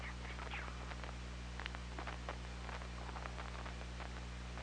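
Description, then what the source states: Killer whale sounds, a short curving tonal call at the start followed by faint scattered clicks, all over a constant low electrical hum and hiss. Underwater hydrophone at OrcaLab, 24 August 2017, 21:20:30.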